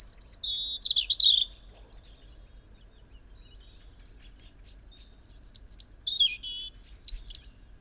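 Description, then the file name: European robin singing high, sweet, tumbling phrases of whistles and quick descending notes, one phrase at the start and more after a long pause. "Erithacus rubecula"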